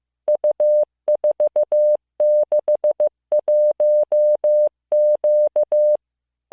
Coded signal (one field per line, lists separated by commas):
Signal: Morse code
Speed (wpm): 15 wpm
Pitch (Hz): 600 Hz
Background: none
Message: U461Q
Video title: モールス信号聞き流し1９ Learn Morse Code